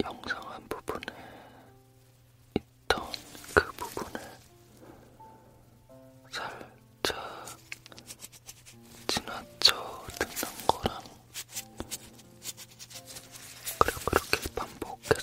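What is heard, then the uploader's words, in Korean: Latex-gloved hands move and rub, making bursts of crinkly rustling, rubbery squeaks and sharp snaps that come in irregular clusters with short quiet gaps. A steady low hum runs underneath throughout. ASMR 잠이 오는 라텍스 장갑 핸드 무브먼트 l hand movement asmr.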